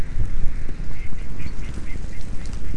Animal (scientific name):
Anas platyrhynchos